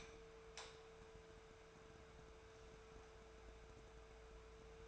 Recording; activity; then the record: daily activity, microphone in the room; light off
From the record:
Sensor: 2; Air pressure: 1014.4 hPa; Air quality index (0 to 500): 176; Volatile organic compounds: 11 ppm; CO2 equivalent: 2318 ppm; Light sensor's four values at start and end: 16/45/18/19 and 12/29/12/13